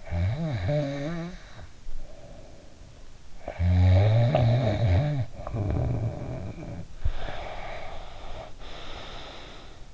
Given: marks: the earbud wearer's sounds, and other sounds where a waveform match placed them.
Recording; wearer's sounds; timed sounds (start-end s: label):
sounds in sleep by an in-ear microphone; snoring breath, breath
0.00-3.13 s: snoring breath
3.39-6.88 s: snoring breath
7.04-9.82 s: breath